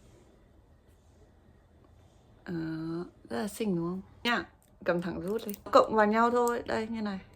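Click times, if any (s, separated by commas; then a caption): none. A Peripera Tok Blush replacement blush refill pan is handled next to its plastic keycap-shaped compact case while someone talks. The refill has not been pressed in yet, so nothing has seated or clicked.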